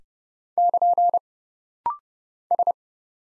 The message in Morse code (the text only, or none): <KN> S